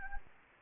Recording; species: mosquito wingbeat signal from an infrared sensor; Anopheles gambiae